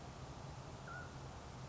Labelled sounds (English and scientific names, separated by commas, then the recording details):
Mountain Quail (Oreortyx pictus)
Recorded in Sonoma County, California